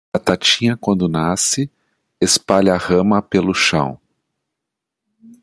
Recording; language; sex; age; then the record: short text; Brazilian Portuguese; male; 60 to 69 years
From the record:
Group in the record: control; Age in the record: 61 years